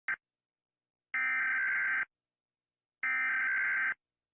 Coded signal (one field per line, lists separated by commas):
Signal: Emergency Alert System (SAME) tones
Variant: header bursts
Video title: Rating different EAS alarms 🌝👍 (i need content lol-) //Sh1tp0st// (old trend)